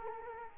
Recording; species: mosquito wingbeat signal from an infrared sensor; Culex quinquefasciatus